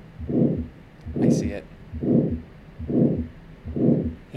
It's definitely a systolic murmur, and it's a late peaking murmur, crescendo, decrescendo. Hearing this loudest in the second right intercostal space would be aortic stenosis.